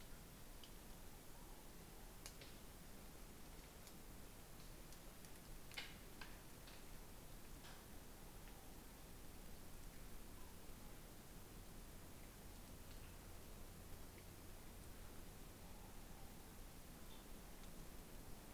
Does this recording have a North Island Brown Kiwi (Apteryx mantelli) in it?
no